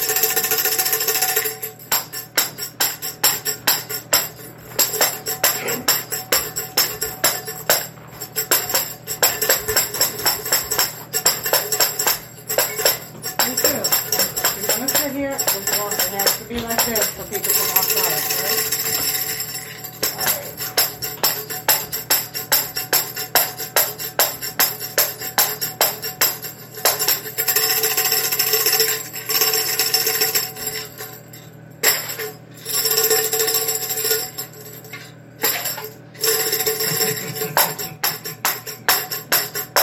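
A tambourine is shaken and struck in a fast, dense, fairly steady rattle of bright jingles over a low hum, briefly pausing near the end.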